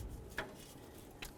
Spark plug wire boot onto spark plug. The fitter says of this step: Give it a nice push. I heard a click. I'm giving it a wiggle. That feels great.